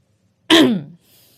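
A woman clears her throat once, a short, rough, voiced burst that starts abruptly and trails off in under half a second, followed by quiet.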